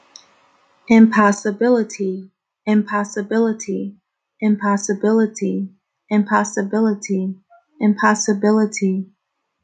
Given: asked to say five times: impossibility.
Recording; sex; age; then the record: repeated word; female; 30 to 39 years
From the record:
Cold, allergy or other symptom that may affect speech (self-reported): no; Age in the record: 35 years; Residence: New York, United States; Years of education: 14